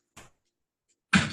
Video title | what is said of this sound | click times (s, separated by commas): 2019 Spring Product Reveal | then they snap right inside nicely | 1.1 s